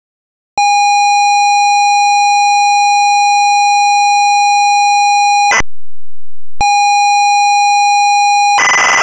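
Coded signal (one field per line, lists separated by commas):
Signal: ZX Spectrum tape loading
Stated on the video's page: ZX Spectrum tape loading of a version of the song Bibo.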